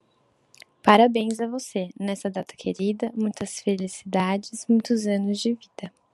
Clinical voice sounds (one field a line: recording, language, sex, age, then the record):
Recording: short text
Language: Brazilian Portuguese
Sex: female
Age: 20 to 29 years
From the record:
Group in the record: control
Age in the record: 24 years